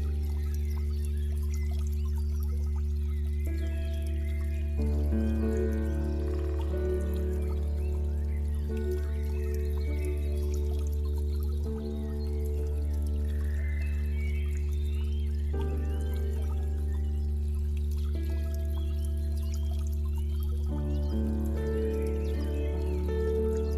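Relaxing music with nature sounds: soft, sustained chords over a steady low hum, shifting to new chords every few seconds, around 5, 15 and 20 seconds. Light chirping calls and a faint trickle of water run throughout, with a constant, even loudness.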